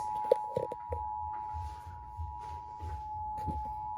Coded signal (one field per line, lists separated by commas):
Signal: Emergency Alert System (SAME) tones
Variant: 853 and 960 Hz attention tone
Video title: EAS #1